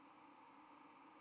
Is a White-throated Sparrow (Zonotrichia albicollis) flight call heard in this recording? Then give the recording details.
no. Another species' flight call is heard. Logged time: 06:36 on 31 October 2014